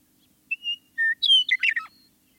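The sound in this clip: Western meadowlark singing two soft whistles and a firmer one, then a bright sliding note and a burst of warbled, bubbling notes ending on a falling note.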